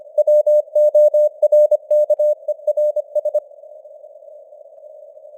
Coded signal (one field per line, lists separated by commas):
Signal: Morse code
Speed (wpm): 25 wpm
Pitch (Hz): 600 Hz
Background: none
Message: WORKERS